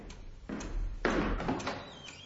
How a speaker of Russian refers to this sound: Ну что ты ломишь? Ведь дверь на замке.